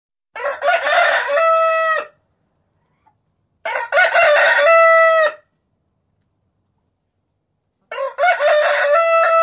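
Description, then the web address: Chicken: rooster crowing three times, each a loud, harsh cock-a-doodle-doo ending in a held tone, with silence between, the last cut off at the end. Rooster (male) crowing, used as a ringtone. "kogut"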